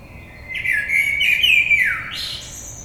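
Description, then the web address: Common blackbird song: a mellow fluted whistle wavering around mid pitch, then dropping low before a brief high twittering flourish at the end. Recorded 22 May 2022. "oiseaux Merle 2022 05 22"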